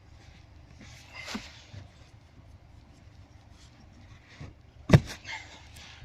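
A clutch pedal component is pressed back into the pedal assembly of a Volkswagen Polo Sedan during reassembly, as part of fixing a squeaking clutch pedal. Low handling noise and a few soft knocks lead to one sharp click at 4.9 s, and the part seats back in place as it was.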